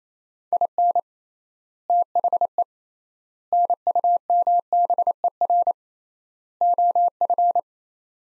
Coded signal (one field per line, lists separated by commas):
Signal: Morse code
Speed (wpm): 28 wpm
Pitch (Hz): 700 Hz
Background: none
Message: IN THE NUMBER OF